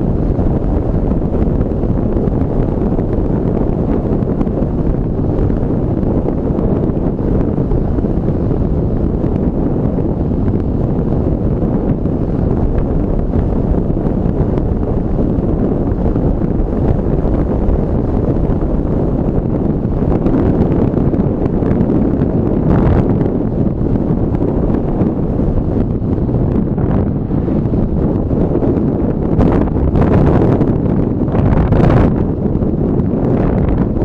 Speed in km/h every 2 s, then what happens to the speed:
41, 42, 41, 39, 39, 38, 37, 35, 34, 33, 32, 32, 31, 31, 31, 31, 31.
0-34 slows to 31.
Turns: none.